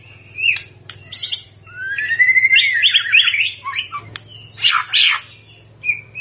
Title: PANCINGAN MEWAH MURAI BATU GACOR, SEKALI DENGAR AMPUH LANGSUNG RESPON